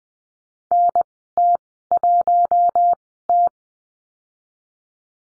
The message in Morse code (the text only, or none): NT1T